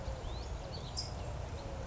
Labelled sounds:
California Towhee
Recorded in Sonoma County, California

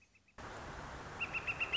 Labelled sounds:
Northern Flicker
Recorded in Sonoma County, California

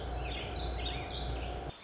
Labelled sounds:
Warbling Vireo
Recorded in Sonoma County, California

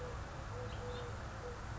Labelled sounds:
Eurasian Collared Dove
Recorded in Sonoma County, California

